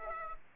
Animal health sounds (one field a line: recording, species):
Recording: mosquito wingbeat signal from an infrared sensor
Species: Aedes aegypti